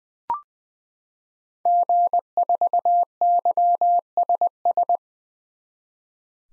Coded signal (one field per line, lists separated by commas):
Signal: Morse code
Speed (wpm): 20 wpm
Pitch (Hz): 700 Hz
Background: none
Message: G4YSS